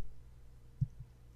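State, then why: Not seated. A jaw recorder (tracing device) part is handled with finger and thumb over a maxillary acrylic resin base plate, where it is to be snapped firmly into place. Over a quiet low hum, a single brief soft knock is heard at about 0.8 s. Nothing has seated or clicked yet.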